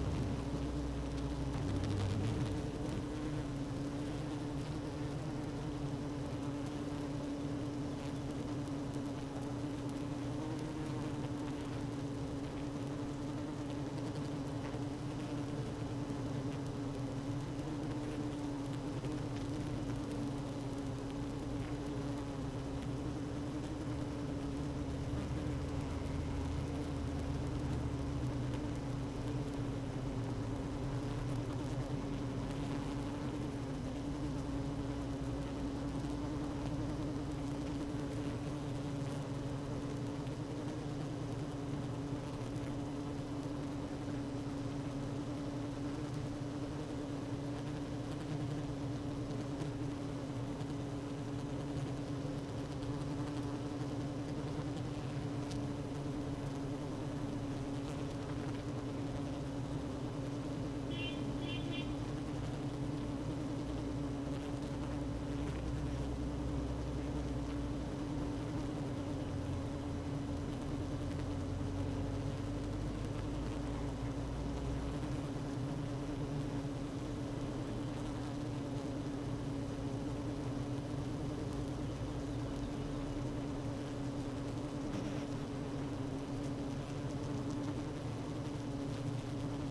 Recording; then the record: honeybee colony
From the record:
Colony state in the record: active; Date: 12 June 2018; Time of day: 16:06